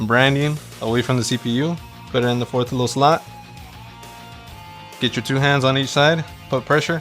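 A second RAM module is placed into the fourth memory slot on a motherboard, with its branding facing away from the CPU, and lined up before pressure is applied. Someone talks over background music, and it is quiet in between. Nothing has clicked or seated yet.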